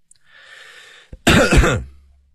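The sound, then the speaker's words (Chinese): In a hospital emergency room, a soft breathy inhale, a small click, then one loud, rasping throat clearing lasting about half a second, voiced and gravelly before it cuts off into silence. “向南清了清嗓子”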